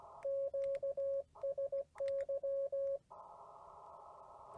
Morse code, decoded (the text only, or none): QSY